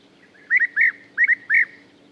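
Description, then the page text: European bee-eater calls in two quick bursts of three purring, arched notes, with a faint low hum behind. "Пение птиц - Золотистая щурка"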